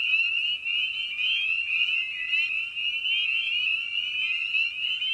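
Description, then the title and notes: Spring peeper: dense massed peeping of spring peepers, shrill rising notes overlapping without pause, with a weaker lower band of sliding calls underneath. Evening at a frog pond; presented in a modified format intended as a sleep aid. "Episode 5: Night of the Peepers. we return to the frog pond for a meditative evening. Species in Focus: Spring Peeper (Pseudacris crucifer). Written, recorded, and produced by Ian Carlsen"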